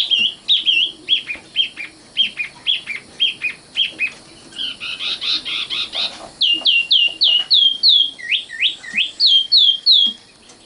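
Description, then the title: Oriental magpie-robin song with a steady series of short whistled notes, then a buzzy burst and loud hooked, looping whistles. "Kicau Kacer"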